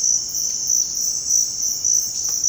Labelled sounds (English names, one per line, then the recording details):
none
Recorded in dense forest near Puerto Asís, Putumayo, Colombia, on 19 February 2024 at 07:00
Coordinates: 0.472, -76.329
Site G6394